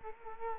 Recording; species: mosquito wingbeat signal from an infrared sensor; Culex quinquefasciatus